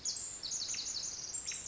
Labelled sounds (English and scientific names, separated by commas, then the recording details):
Pacific Wren (Troglodytes pacificus)
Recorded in Sonoma County, California